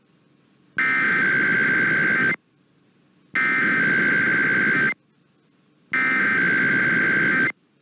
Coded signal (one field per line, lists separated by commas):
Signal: Emergency Alert System (SAME) tones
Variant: header bursts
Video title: President Day Tests and Stuff (EAS #24820-24823) 2/17/25